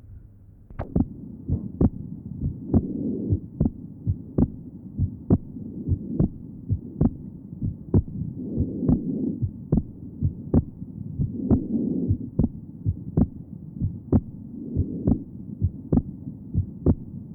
Patient is perfectly normal. Recording taken at pulmonary area. Normal splitting of the second heart sound.